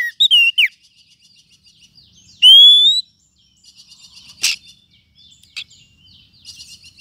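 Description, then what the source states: Lovebird calls: a few shrill chirps, then a long loud rising whistled note, followed by scattered faint chattering and brief harsh bursts. Calls used as a bird-catching lure (pikat).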